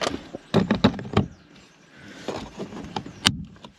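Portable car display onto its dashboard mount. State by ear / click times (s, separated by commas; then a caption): seated / 3.3 s. A Carpuride W103 Pro portable CarPlay screen is pushed onto its dashboard mount bracket after a few handling knocks and taps between 0.5 and 1.2 s. It snaps into place with a sharp, loud click at 3.3 s, and the screen is seated on the mount; the snap must be clearly heard to confirm it has locked.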